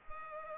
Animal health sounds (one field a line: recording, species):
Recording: mosquito wingbeat signal from an infrared sensor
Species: Culex pipiens